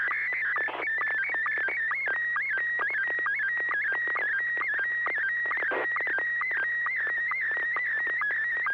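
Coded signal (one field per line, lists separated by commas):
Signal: SSTV (slow-scan television)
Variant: Martin 1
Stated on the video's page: SSTV images exchanged during a weekly amateur net on a 441.300 MHz FM repeater, sent with MMSSTV.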